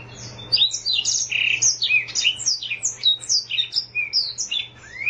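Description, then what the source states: Oriental magpie-robin pouring out a continuous, varied song of rapid whistles, chirps and slurred notes, some rising and falling, with only brief pauses and a faint low hum. Long-duration chirping.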